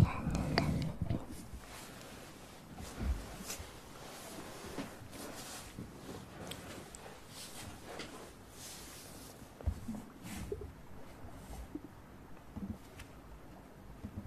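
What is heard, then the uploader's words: Ear play sounds: a heavy, muffled thump opens the clip, followed by irregular taps, clicks and soft brushing strokes. Brighter rustling bursts cluster around the middle, with sharper clicks near ten and thirteen seconds over a low, faint murmur. TimASMR - play with your ears.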